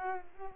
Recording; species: mosquito wingbeat signal from an infrared sensor; Culex pipiens